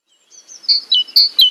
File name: great tit